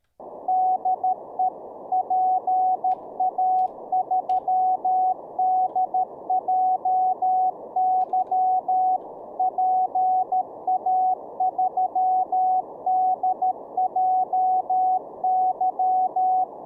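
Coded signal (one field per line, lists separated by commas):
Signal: Morse code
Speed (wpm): 13 wpm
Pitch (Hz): 740 Hz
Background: none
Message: DE PA3DJY PA3DJY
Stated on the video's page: Morse practice during a live-streamed daily CW learning session.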